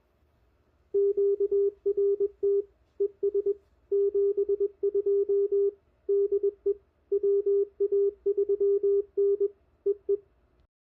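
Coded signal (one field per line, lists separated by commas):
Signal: Morse code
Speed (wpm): 21 wpm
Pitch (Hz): 400 Hz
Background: radio noise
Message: QRT ES 72 DE WA3N EE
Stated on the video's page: POTA park activation from a car trunk with a Yaesu FT-857, Putikeeg paddle key and JPC7 dipole; rough conditions.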